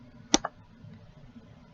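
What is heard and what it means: A plastic piece of an Elvie wearable breast pump is popped out of the pump housing during disassembly. It releases with a sharp click at 0.3 s, followed by a softer click at 0.5 s, and then quiet low background noise.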